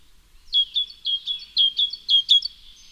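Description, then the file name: Great tit, a rapid series of short, bright, high notes, about four a second for about two seconds, with no other clear sounds. "Parus major"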